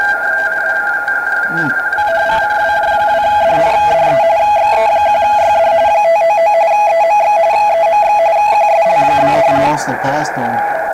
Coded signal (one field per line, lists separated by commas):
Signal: RTTY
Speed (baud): 45.45 baud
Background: speech, radio noise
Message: WJ2D DE XE1YD 599 EMX EMX QSL? (